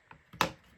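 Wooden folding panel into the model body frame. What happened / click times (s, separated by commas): The wooden panel snapped into place / 0.4 s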